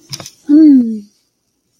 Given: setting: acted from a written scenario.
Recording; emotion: vocal sound without words; ecstasy